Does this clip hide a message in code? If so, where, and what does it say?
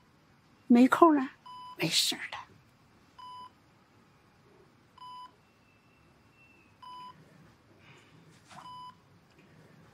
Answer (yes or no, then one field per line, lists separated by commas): no